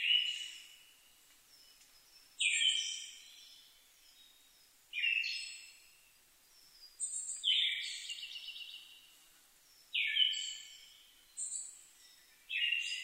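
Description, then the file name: Siberian thrush song: short, bright phrases, each a fuller descending note tipped with thin high whistles, repeated at short intervals with quiet gaps between. Recorded 2 July 2011 at 05:51. "mamijiro 20110702 0551"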